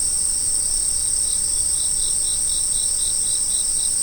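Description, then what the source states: Insects calling together: a continuous piercing high whine, joined after about a second by a lower cricket-like chirp pulsing rapidly several times a second. Autumn insect sounds.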